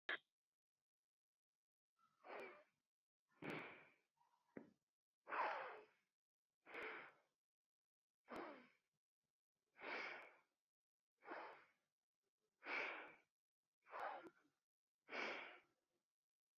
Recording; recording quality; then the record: deep breathing; excellent, no background noise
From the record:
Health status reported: exposed to COVID-19, no respiratory illness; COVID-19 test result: not tested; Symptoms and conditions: cough, muscle pain, loss of smell and taste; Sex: female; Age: 27 years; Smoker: not ticked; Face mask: not worn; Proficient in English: yes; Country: India